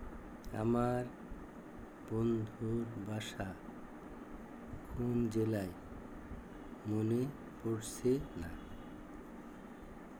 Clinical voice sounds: elicited speech; Bengali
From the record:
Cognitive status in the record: dementia

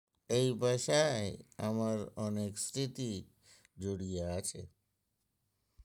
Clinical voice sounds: elicited speech; Bengali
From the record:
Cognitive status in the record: dementia

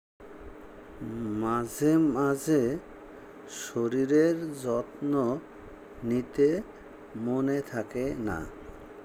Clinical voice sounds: elicited speech; Bengali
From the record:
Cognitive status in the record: dementia

